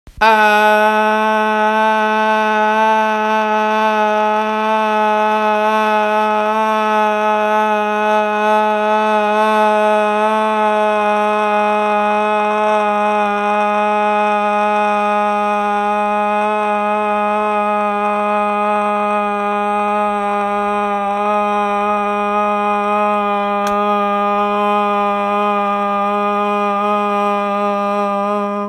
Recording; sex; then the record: sustained vowel /a/; female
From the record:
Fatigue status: no fatigue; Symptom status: asymptomatic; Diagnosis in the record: COVID-19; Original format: m4a